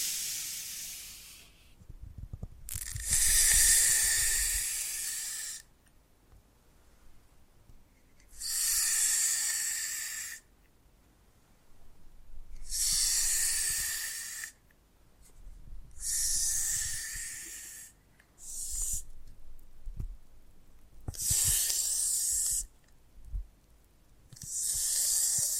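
Foam massage: bursts of bright, airy hissing come and go, each lasting one to three seconds with short quiet gaps between them, about eight bursts in all. During the gaps, soft low rubbing and occasional dull thumps can be heard.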